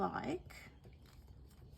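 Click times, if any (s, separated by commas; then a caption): none. A blending brush head is handled near its handle during a card-making demo with craft blending tools, while someone talks briefly at the start, followed by quiet low handling noise. Nothing has seated or clicked yet; the head is not yet home on the handle.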